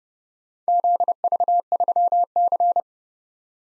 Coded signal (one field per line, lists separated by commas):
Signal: Morse code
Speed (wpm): 30 wpm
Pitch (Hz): 700 Hz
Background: none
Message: ZV3C